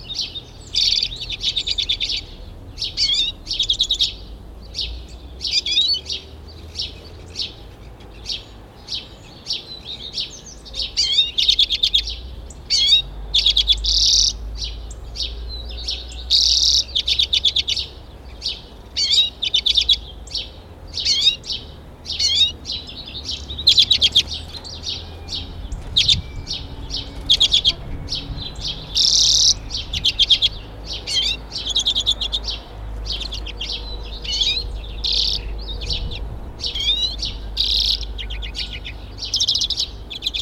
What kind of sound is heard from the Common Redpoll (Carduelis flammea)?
call